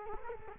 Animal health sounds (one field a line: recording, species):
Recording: mosquito wingbeat signal from an infrared sensor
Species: Culex quinquefasciatus